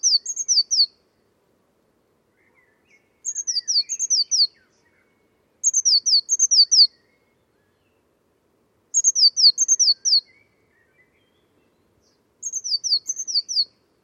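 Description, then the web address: Bird producing five bursts of rapid, high, downward-slurred notes, roughly three seconds apart, in otherwise quiet surroundings. Bird-only recording, 2025. "cianscape birddata Deverinetal 2025 Bird Only Cy Ca"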